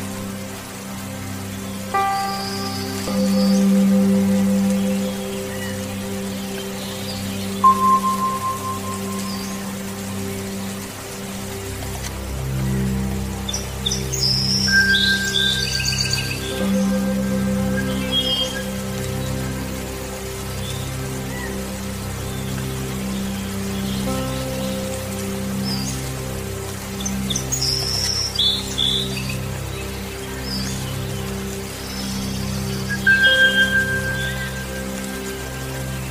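Soft meditation music of long, sustained tones drifts over a steady patter of rain. A deeper hum swells in around twelve seconds and holds, while clear, ringing notes and small bright chimes surface now and then, near eight, fifteen, twenty-seven and thirty-three seconds.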